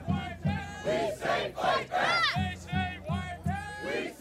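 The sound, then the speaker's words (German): A protest crowd chants together at a large demonstration in front of the US Capitol in Washington in summer 2013 against being listened in on, many voices shouting in a steady, rhythmic cadence of short repeated phrases, loud and sustained throughout. “Im Sommer 2013 gab es große Demonstrationen vor dem US-Kapitol in Washington.”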